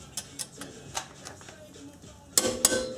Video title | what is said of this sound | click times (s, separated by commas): Rokkor Coilover FRONT Strut Install with Basic Hand Tools HD | the bolt here, and we'll hear a clicking sound when we hit that designated 114, 115 foot-pound mark. | 2.4 s, 2.7 s